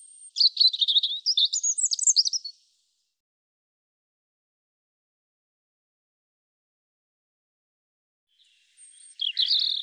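European robin singing a rapid, scratchy high warble for about two seconds, a long silence, then the start of another phrase.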